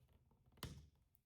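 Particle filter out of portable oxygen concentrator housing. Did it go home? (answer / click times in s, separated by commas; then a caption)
released / 0.6 s. An old particle filter is slid out of the bottom of an Inogen Rove 4 portable oxygen concentrator housing. A slight, sharp click at 0.6 s marks it coming free, followed by a brief low thump against quiet handling noise, and the filter is released.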